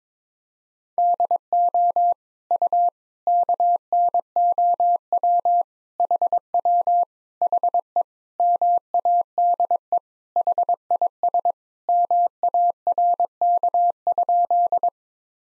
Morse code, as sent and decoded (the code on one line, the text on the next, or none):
-.. --- / ..- / -.- -. --- .-- / .... .-- / .... . / -- .- -.. . / .... .. ... / -- .- .-. -.- ..--..
DO U KNOW HW HE MADE HIS MARK?